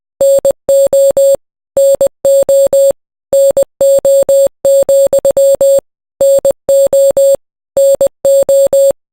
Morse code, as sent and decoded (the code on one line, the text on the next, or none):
-. --- / -. --- / -. --- --..-- / -. --- / -. ---
NO NO NO, NO NO